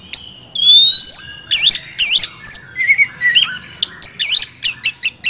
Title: Masteran Kacer Yang Sukses Memancing Kacer Gacor Sampai Jadi Juara